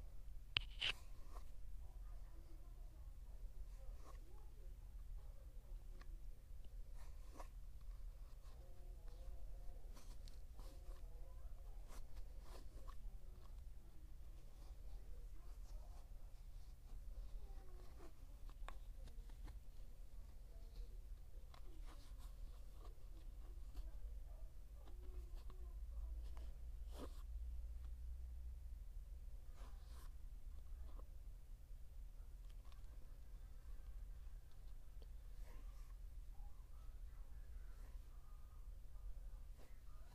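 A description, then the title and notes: A book being tapped produces short, sharp knocks scattered irregularly through the recording, with a louder clack near the start and another around twenty-seven seconds. Between taps a steady low hum continues, with faint rustling and handling sounds. Book tapping.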